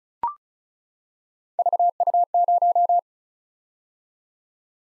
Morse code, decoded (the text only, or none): VU0